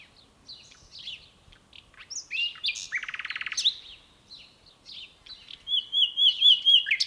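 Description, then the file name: Common nightingale song: varied phrases of chirps, a rapid buzzy rattle, and a long whistled trill near the end, with short pauses between phrases. "Luscinia megarhynchos"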